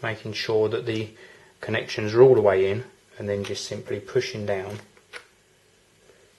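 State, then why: Seated. A new Crucial SO-DIMM memory module is seated in the bottom memory slot of an Apple MacBook 2.4GHz White Unibody (Mid 2010) and pressed down until its retaining clips catch. Someone talks through most of the clip, then a single sharp click sounds at 5.2 s as the module locks into place.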